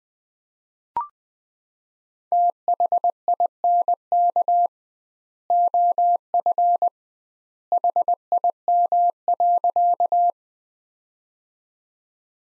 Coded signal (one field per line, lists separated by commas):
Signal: Morse code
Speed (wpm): 20 wpm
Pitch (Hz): 700 Hz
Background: none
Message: THINK OF HIM.